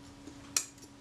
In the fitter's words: pops back up